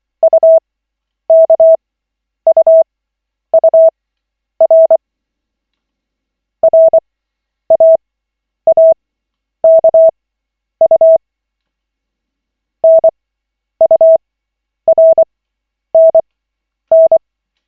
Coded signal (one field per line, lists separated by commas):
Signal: Morse code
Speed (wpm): 24 wpm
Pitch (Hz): 650 Hz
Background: none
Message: UKUUR RAAKU NURNN